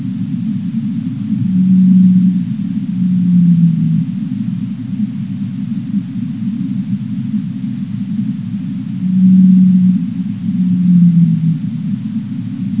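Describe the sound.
Blue whale calls: two sets of low, even tonal moans, each set ending with a slightly falling note, against continuous low rumble.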